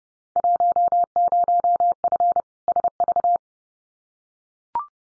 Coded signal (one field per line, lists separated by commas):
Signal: Morse code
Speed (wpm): 30 wpm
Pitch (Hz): 700 Hz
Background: none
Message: 10F SV